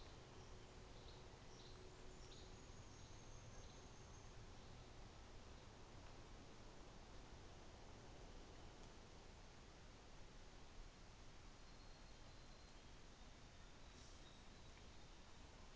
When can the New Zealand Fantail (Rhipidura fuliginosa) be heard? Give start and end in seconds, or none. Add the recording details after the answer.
1.65-4.58. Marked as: faintness 4/5. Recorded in New Zealand on 24 December 2018. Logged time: 13:10